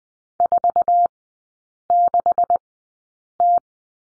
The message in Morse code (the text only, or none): 46T